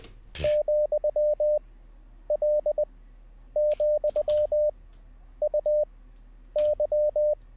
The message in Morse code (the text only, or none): ,L,UY